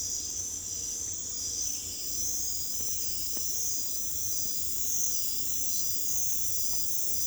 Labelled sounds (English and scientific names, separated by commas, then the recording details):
none
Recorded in pastures near Puerto Asís, Putumayo, Colombia, on 22 December 2024 at 00:00
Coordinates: 0.487, -76.322
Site GP09